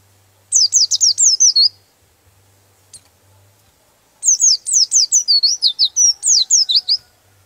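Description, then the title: White-eye song: a quick high twittering phrase, a pause with a faint click, then a longer run of sweeping chirps and warbles. "Pleci"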